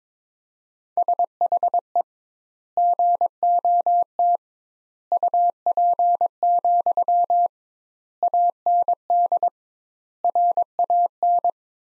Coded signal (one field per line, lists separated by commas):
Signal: Morse code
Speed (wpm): 22 wpm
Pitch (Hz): 700 Hz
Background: none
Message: SHE GOT UP, AND RAN